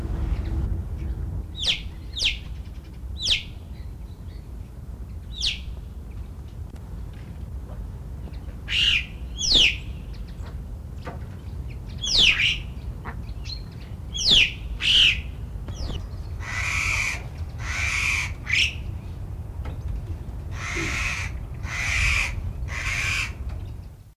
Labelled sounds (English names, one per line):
Alpine Chough call